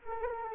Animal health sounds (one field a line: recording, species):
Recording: mosquito wingbeat signal from an infrared sensor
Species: Anopheles arabiensis